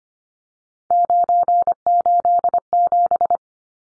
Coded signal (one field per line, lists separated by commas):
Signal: Morse code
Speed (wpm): 25 wpm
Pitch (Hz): 700 Hz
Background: none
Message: 987